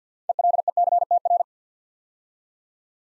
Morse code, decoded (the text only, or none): ELECTR